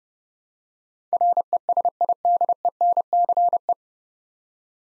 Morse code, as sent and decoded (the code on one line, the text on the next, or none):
.-. . ... .. -.. . -. -.-. .
RESIDENCE